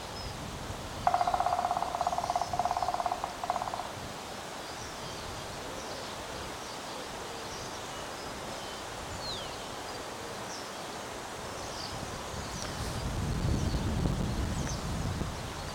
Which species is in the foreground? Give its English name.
Black Woodpecker